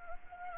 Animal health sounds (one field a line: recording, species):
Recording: mosquito wingbeat signal from an infrared sensor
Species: Anopheles gambiae